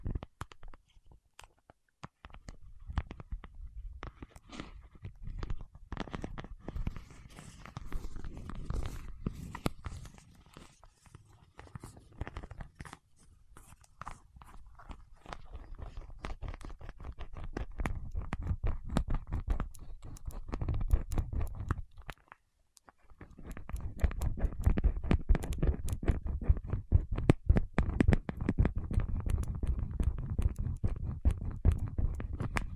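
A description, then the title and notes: Fingertips work over wax in a dense, crackly stream of tiny sticky clicks and crunches over a soft low rumble. The sound thins and quiets around the middle, drops out briefly near 22 seconds, then returns louder and busier to the end. ASMR with Wax Fingertips for Sleep (No Talking).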